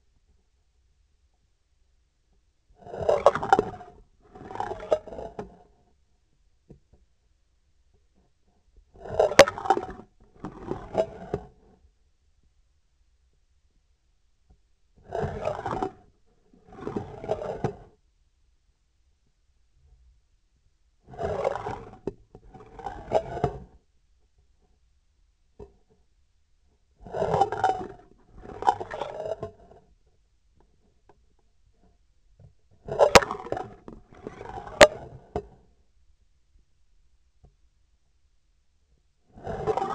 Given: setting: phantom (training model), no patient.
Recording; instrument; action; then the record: laparoscopic instrument, vibration sensor on the handle end; scissors; approaching and retracting movements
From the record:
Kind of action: spatial motion